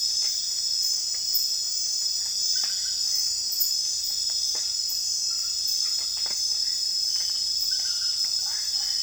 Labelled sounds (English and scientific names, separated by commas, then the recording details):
none
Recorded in secondary vegetation near Puerto Asís, Putumayo, Colombia, on 24 June 2025 at 21:00
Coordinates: 0.498, -76.327
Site GP09